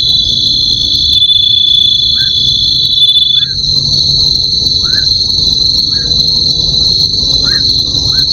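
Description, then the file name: Bell cricket song as a sustained high, shrill trill; one overlapping tone stops partway through, and brief chirps recur at irregular intervals. "suzumushi"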